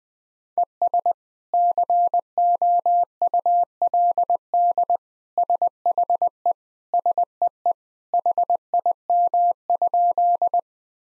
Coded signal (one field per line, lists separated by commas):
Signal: Morse code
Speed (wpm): 20 wpm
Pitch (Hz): 700 Hz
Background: none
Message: ES COULD SHE SEE HIM?